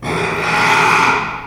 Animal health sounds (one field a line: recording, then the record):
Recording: squeal of a Yucatan mini pig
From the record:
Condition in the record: after surgery on the right vocal fold (resection and tissue-engineered implant)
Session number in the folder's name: 1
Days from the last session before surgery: 6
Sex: male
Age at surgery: 12 weeks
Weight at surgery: 13 kg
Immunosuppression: cyclosporine, prednisolone